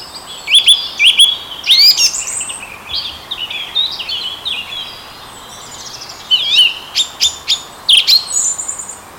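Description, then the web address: Song thrush song: short bright phrases, each note repeated two or three times, then a sharp clicking phrase repeated several times, with quiet pauses between. "vogel sounds turdus philomelos"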